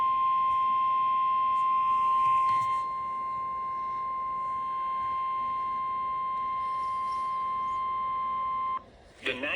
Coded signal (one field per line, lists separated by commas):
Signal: Emergency Alert System (SAME) tones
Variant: 1050 Hz attention tone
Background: speech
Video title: TORNADIC NIGHTMARE - EAS Alerts From 2/27/24 - 2/28/24 | EAS 18 - 31